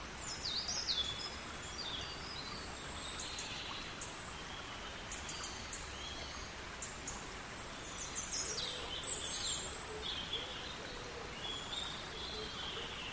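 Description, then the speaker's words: European robin song, thin high warbled phrases in short bursts with pauses between, over a steady rushing stream. Morning song from high in the broken canopy of a steep wooded valley (cwm) beside a brook in Powys, Wales; sunlit stream with pebble bank. "Somewhere above, hidden among the broken canopy that staggers up the steep valley, a robin reels out its morning song."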